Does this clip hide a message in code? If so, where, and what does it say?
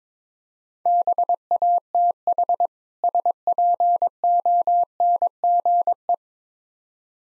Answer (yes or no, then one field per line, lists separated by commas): yes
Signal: Morse code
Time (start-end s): 0.9-6.1 s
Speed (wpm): 22 wpm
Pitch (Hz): 700 Hz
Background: none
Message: BATH SPONGE